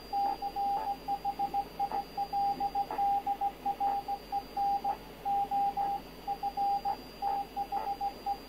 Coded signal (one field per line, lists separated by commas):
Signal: Morse code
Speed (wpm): 16 wpm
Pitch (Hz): 800 Hz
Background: radio noise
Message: CHILDREN OF THE